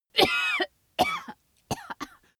Female cough severe.